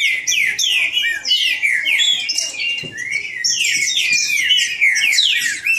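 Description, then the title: Green-winged saltator song: dense, overlapping whistled phrases, many sliding downward, tumbling quickly with scarcely a pause, as if more than one bird sings at once. Bird named Nicão singing in the woods, in a song contest with a free wild bird. "Trinca Ferro NICÃ O No Mato Disputando Com Solto"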